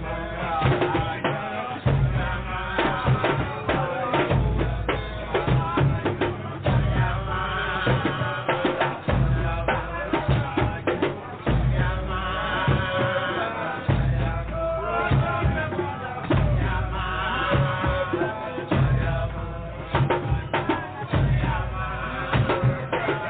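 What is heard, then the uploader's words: Drumming with dense, rapid strikes over a steady pulse of deep, booming beats that return about once a second. Pitched ringing tones and possibly voices mix through the middle, and the recording sounds muffled and dull, with little brightness on top. DRUMMING.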